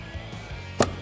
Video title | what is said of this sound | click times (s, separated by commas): Type III Overview | and you'll hear it click | 0.8 s